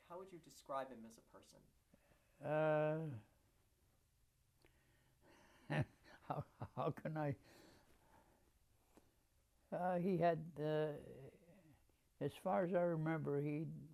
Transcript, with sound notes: How would you describe him as a person?
[Laughs] How can I — he had — as far as I remember, he